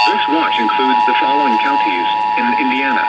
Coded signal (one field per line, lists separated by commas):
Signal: Emergency Alert System (SAME) tones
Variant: 853 and 960 Hz attention tone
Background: speech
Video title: EAS/NWR Alert or message #1177-1178: Severe Thunderstorm Watch